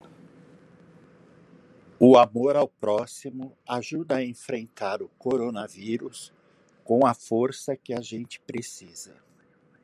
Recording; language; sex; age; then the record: spoken sentence; Brazilian Portuguese; male; 60 to 69 years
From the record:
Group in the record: control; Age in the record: 61 years